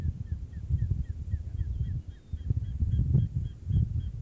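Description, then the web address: Bird calls: a series of brief, thin, down-slurred notes repeated quickly, with a continuous low rumbling background. "safari sounds Bird Sounds"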